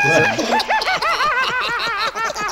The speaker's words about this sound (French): C'est des sons de cackling.